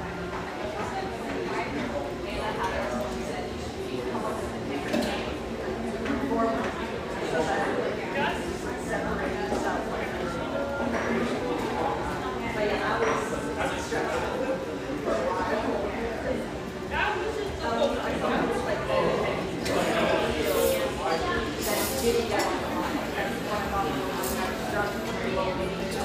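Steady, dense chatter of many overlapping voices fills a mellow exposed-brick gem, with occasional bright clinks and knocks, clustered around twenty seconds.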